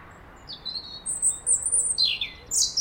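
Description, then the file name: European robin delivering very high thin drawn-out whistles followed by a descending tumbling flourish of sweet notes. "Erithacus rubecula"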